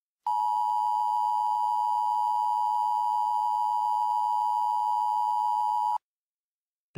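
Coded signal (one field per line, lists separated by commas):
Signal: Emergency Alert System (SAME) tones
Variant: 853 and 960 Hz attention tone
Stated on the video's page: Mock EAS alert, simulated, using Creative Commons 0 sounds.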